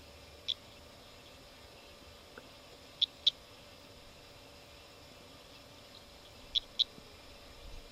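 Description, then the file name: Eastern sedge frog calling with short, high-pitched chirps, single or in quick pairs, in three bursts a few seconds apart over a steady faint hiss. Recorded July 2008. "Litoria fallax jul 08"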